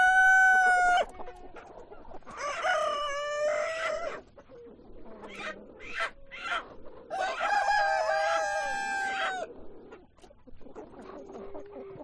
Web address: granja avicola sonidos de gallinas y gallos